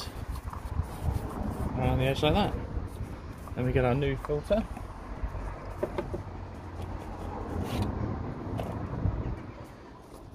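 Someone talks while a new oil filter element for a BMW 525i E60 oil service is picked up and lined up on the plastic oil filter housing cap, which it can fit either way round, with a few light handling taps. The element is only positioned, ready to be pushed home, and nothing has seated or clicked yet.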